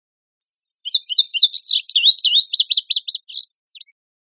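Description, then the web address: Indigo Bunting singing one bright, high phrase of about three seconds, with clipped notes doubled and repeated and a final thin downslur after a short gap; the background is silent. "birdvocals CR INBU"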